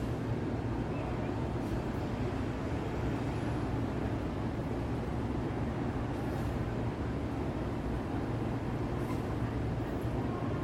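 Steady low traffic rumble of Midtown New York City at night, dense and unbroken, with faint brief hisses passing around six and nine seconds.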